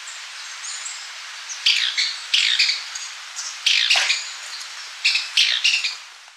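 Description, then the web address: Rufous-crowned Tody-Flycatcher calls: harsh, scratchy bursts of clustered high notes, in four groups over a hissing background. Recorded in Ecuador. "Birds of Ecuador. Rufous-crowned Tody-Flycatcher"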